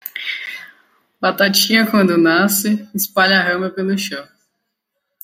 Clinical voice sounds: short text; Brazilian Portuguese; female; 20 to 29 years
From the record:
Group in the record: control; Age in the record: 27 years

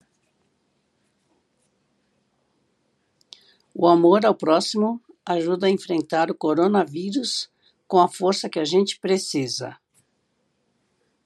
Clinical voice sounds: spoken sentence; Brazilian Portuguese; female; 60 to 69 years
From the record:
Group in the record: control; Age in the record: 63 years

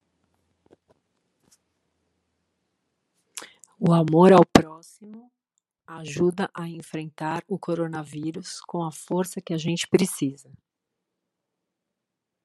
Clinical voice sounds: spoken sentence; Brazilian Portuguese; female; 40 to 49 years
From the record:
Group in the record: control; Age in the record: 49 years

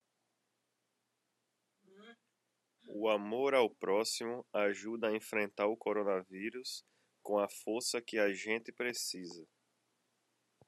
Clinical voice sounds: spoken sentence; Brazilian Portuguese; male; 30 to 39 years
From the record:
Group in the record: control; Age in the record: 33 years

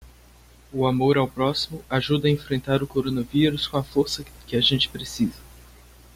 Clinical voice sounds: spoken sentence; Brazilian Portuguese; male; 30 to 39 years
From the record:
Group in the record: control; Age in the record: 31 years

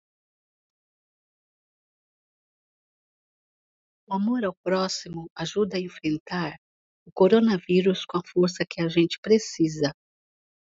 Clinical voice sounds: spoken sentence; Brazilian Portuguese; female; 60 to 69 years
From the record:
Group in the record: control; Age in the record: 69 years

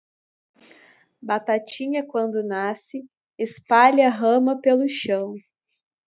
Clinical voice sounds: short text; Brazilian Portuguese; female; 20 to 29 years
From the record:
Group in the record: control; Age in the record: 29 years

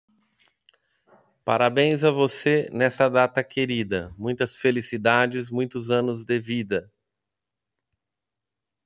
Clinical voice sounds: short text; Brazilian Portuguese; male; 50 to 59 years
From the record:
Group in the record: control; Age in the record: 50 years

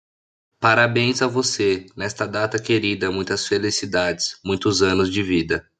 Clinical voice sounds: short text; Brazilian Portuguese; male; 20 to 29 years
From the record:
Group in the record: control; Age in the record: 21 years

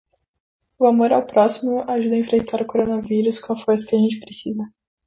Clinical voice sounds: spoken sentence; Brazilian Portuguese; female; 20 to 29 years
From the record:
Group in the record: control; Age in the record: 27 years

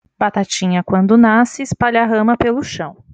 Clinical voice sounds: short text; Brazilian Portuguese; female; 20 to 29 years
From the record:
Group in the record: control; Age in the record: 27 years

